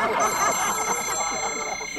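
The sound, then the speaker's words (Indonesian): A telephone rings with a steady, high electronic tone that holds for the full two seconds, its bright pitch sitting over a faint murmur of background voices. “malah mau maning teleponnya kayak kang siapa maning gitu cal.”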